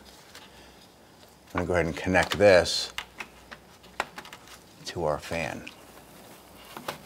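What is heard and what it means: Someone talks while a wiring harness connector is handled at the radiator cooling fan motor of a 2004-2008 Acura TL. Brief sharp plastic taps and knocks follow, the loudest near 4.0 s, with a few more near the end. Nothing has seated or clicked yet; the connector is not home.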